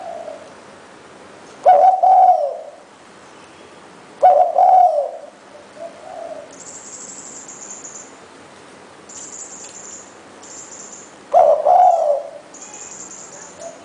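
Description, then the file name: Spotted dove giving three rough mid-pitched coos with a softer note between the second and third, while thin high sounds run in the background. "นกเขาใหญ่"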